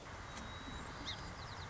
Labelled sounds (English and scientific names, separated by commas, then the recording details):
Song Sparrow (Melospiza melodia)
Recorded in Sonoma County, California